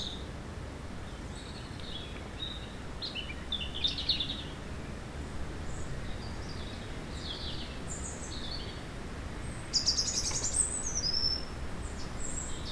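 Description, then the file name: European robin singing thin, high, varied warbled phrases in short bursts with pauses, over a steady low rumble of background noise. "Erithacus rubecula"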